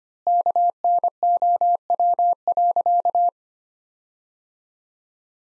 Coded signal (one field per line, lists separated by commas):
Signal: Morse code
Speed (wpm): 25 wpm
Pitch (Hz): 700 Hz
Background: none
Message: KNOW.